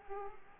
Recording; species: mosquito wingbeat signal from an infrared sensor; Aedes aegypti